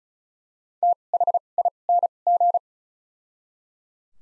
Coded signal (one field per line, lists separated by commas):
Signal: Morse code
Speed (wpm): 36 wpm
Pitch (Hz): 700 Hz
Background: none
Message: THING